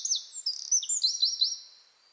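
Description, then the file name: Eurasian wren singing a fast, shrill stream of high chips and sweeping notes, with a quick trill near the end before fading out. "Troglodytes troglodytes"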